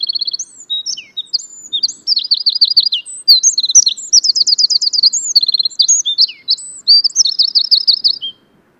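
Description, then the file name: Eurasian wren pouring out an energetic song of shrill trills, buzzy rattles and quick chips for roughly eight seconds in otherwise quiet surroundings. "Troglodytes troglodytes"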